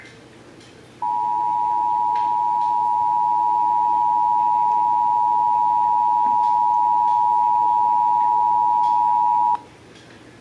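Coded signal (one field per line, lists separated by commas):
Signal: Emergency Alert System (SAME) tones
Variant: 853 and 960 Hz attention tone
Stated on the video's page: Flash Flood Warning relayed over FM broadcast station.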